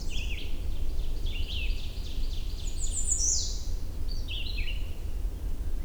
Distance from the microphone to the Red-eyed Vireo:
about 25 m